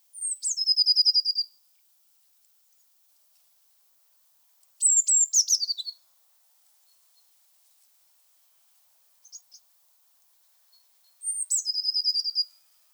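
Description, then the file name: Eurasian blue tit repeats its song three times, each a high downward slide followed by a rapid, ringing trill, with brief faint chips between phrases. "Cyanistes caeruleus"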